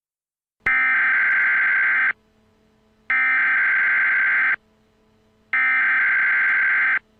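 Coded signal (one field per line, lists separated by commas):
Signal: Emergency Alert System (SAME) tones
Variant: header bursts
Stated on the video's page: Real, valid SAME header and attention tones from a tropical storm warning for Middlesex County, New Jersey.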